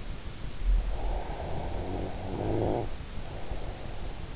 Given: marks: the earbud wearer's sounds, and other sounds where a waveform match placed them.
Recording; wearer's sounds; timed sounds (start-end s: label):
sounds in sleep by an in-ear microphone; snoring breath
0.84-3.87 s: snoring breath